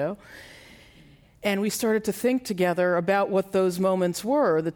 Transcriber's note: none